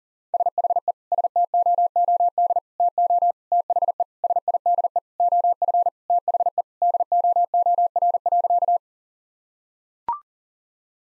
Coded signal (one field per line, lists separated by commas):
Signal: Morse code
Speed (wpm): 40 wpm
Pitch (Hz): 700 Hz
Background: none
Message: SHE STOOD TO THE SIDE OF THE DOOR.